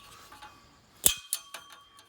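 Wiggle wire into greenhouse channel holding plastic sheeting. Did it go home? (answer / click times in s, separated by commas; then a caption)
yes / 1.1 s, 1.3 s. Zigzag spring wiggle wire is pressed into a greenhouse channel lock to hold down six mil plastic sheeting. After faint light ticks, it snaps into the channel with sharp metallic clicks at 1.1 s and 1.3 s, followed by a softer tap at 1.5 s. The wire is seated.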